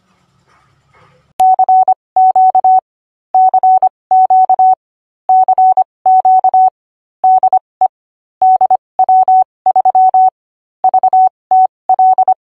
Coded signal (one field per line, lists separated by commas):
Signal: Morse code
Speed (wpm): 25 wpm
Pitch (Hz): 750 Hz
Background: none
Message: CQ CQ CQ DE DW3VTL